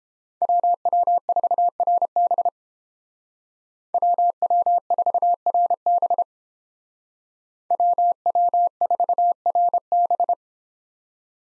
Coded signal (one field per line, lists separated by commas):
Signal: Morse code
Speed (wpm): 29 wpm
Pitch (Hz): 700 Hz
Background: none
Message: WW4RB WW4RB WW4RB